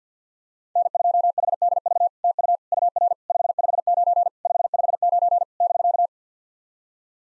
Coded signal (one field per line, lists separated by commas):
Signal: Morse code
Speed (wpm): 48 wpm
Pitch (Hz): 700 Hz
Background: none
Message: N2HDV TU UR 559 559 <BK>